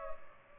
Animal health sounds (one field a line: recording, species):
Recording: mosquito wingbeat signal from an infrared sensor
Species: Culex pipiens